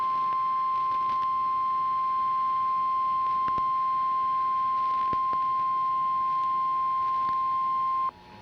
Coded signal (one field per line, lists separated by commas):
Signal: Emergency Alert System (SAME) tones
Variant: 1050 Hz attention tone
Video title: Oddity Archive: Episode 51 - Weather Warnings